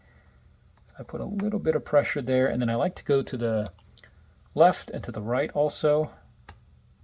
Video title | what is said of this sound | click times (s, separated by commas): [Modified Casio] Casio GShock GX-56BB Mod | you can hear it click into place | 6.5 s